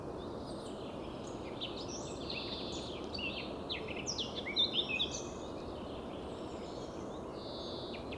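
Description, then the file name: Eurasian blackcap song: a hurried run of varied chirps and warbles that grows louder toward the middle, then fades, with a persistent noisy hiss underneath. "Sylvia atricapilla"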